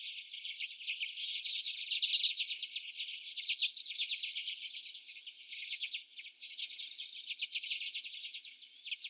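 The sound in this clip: Common redpolls giving a continuous stream of fast, buzzy chattering calls, several birds overlapping.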